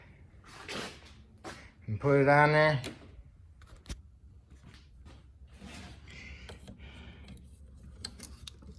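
On a 2002 Ford Windstar during water pump installation, someone talks while handling the plastic lock clip for the coolant line quick-connect fitting, bringing it toward the connection with a few light taps and rustles near the end. Nothing has seated or clicked yet; the clip is not yet home.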